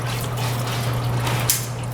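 On a 2013 BMW, the lower-right coolant hose is slid back onto its plastic thermostat housing fitting and the retaining clip is pushed into place over a steady low hum and broadband noise. A short sharp click at 1.5 s shows the clip has seated and the hose is all the way in.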